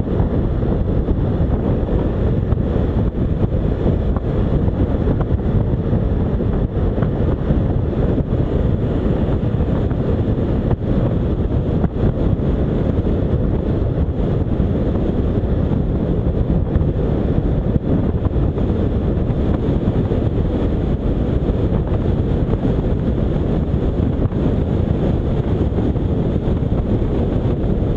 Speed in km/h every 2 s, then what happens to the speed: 53, 54, 54, 59, 61, 62, 62, 62, 63, 66, 69, 70, 70, 68.
4-7 speeds up to 61. 7-15 steady at about 62. 15-21 speeds up to 70. 21-28 steady at about 70.